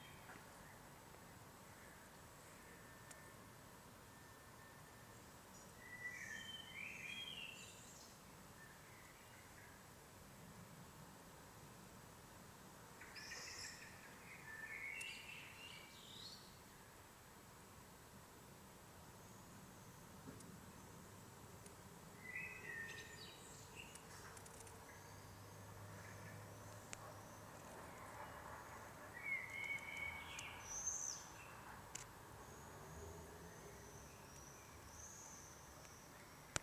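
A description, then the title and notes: Birds call and chirp in short bright bursts over a steady low hum of city traffic. Calls come in clusters around 6, 15, 22 and 29–31 seconds, with a high thin whistle near the end, while passing vehicles rumble faintly underneath throughout. More Birdz at Richard-Sorge-Strasse. Tweetidy tweet tweet!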